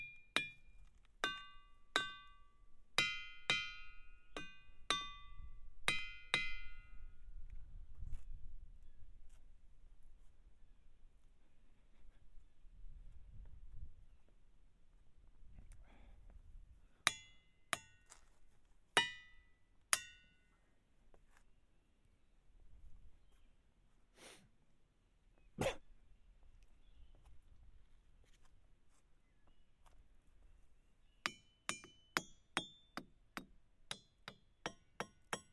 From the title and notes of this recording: Ringing Rock State Park. The episode is a binaural field recording of me walking around hitting rocks with a hammer for about 20 minutes. Some rocks ‘ring’ while others don’t.